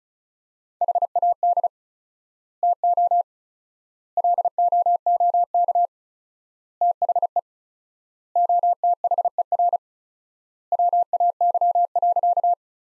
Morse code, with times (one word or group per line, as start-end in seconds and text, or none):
0.8-1.7 HAD
2.6-3.2 TO
4.2-5.9 LOOK
6.8-7.4 THE
8.4-9.8 OTHER
10.7-12.5 WAY.